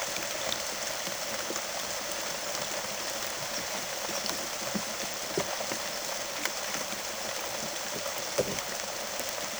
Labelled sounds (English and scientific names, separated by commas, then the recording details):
none
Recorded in secondary vegetation near Puerto Asís, Putumayo, Colombia, on 19 June 2025 at 13:30
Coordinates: 0.489, -76.322
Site G021